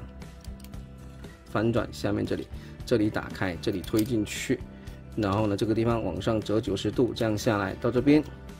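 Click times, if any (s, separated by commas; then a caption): none. A plastic panel on a Transformers Studio Series 108 Rise of the Beasts Deluxe Wheeljack action figure is folded down during transformation so its tab can be clipped into a hole on the robot body. Someone talks over background music, with a few faint plastic handling clicks early on. Nothing has seated or clicked yet.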